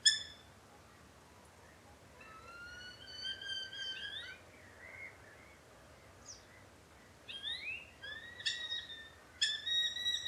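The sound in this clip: Eurasian hobby with a long, drawn harmonic call, then rising squeals and a few sharp, shrill calls near the end.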